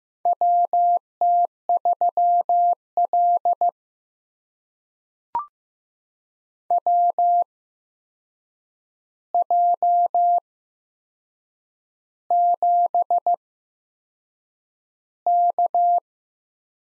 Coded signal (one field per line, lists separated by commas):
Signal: Morse code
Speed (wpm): 15 wpm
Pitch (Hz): 700 Hz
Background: none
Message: WT3L WJ7K